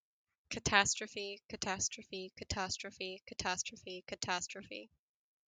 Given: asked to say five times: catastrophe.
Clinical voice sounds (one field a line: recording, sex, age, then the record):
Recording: repeated word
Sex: female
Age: 20 to 29 years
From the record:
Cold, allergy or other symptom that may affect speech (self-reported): no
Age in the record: 23 years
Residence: Nebraska, United States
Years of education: 16